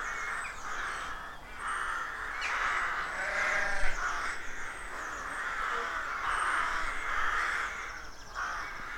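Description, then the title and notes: Rooks cawing noisily in a busy colony, rasping calls rising and falling in waves, with faint thin notes from other birds. Rook colony of more than 300 birds nesting in a dozen roadside trees, rural County Armagh, early spring; pairs greeting and squabbling with neighbours as first chicks hatch. "Sound Escape 113: Enjoy the stirring cacophony of a rook colony. deeply rural County Armagh. It's early spring and the rooks rule the woodlands. BBC Countryfile Magazine"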